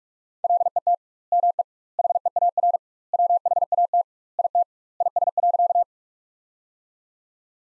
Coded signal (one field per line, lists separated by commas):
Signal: Morse code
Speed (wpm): 46 wpm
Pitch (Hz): 700 Hz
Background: none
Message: LET ME HEAR WHAT IT IS.